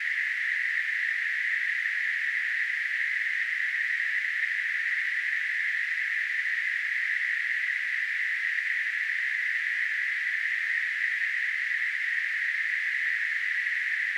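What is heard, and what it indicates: A steady, unchanging mid-high hissing noise, a narrow band centred around 2 kHz, constant in loudness for about fourteen seconds with no gaps or pulsing. It simulates noise-like tinnitus, the hissing a person perceives without any outside sound.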